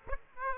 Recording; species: mosquito wingbeat signal from an infrared sensor; Aedes aegypti